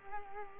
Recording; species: mosquito wingbeat signal from an infrared sensor; Culex quinquefasciatus